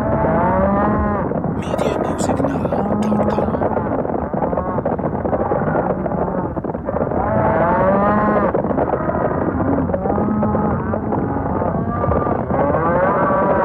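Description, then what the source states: Cattle lowing in a dense overlapping chorus, many moos rising and falling continuously over a heavy rumbling din. Cattle stampede.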